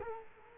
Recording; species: mosquito wingbeat signal from an infrared sensor; Culex quinquefasciatus